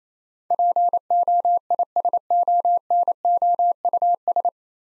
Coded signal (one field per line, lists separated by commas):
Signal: Morse code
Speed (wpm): 28 wpm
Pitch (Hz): 700 Hz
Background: none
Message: POISONOUS